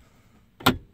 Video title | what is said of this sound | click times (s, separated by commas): How to remove/replace the instrument gauge cluster in 2014-2019 Kia Soul | and you'll hear that click and it locks right back in there so make sure these are where they're supposed to | 0.7 s